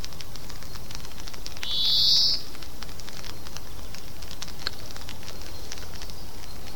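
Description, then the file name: European greenfinch giving one nasal, buzzy wheeze against a hissy background with scattered faint clicks. "Chloris chloris"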